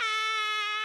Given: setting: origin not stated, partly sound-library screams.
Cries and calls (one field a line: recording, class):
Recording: one-second piece from a danger detection set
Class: woman in danger